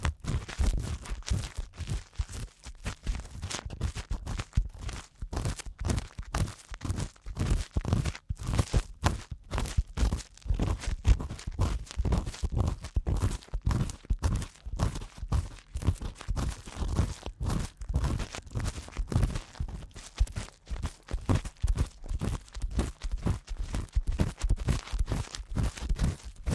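Ear cleaning sounds with no talking: dense, rapid scratchy rubbing and crackling bursts, low and rumbly, repeating steadily throughout without pause.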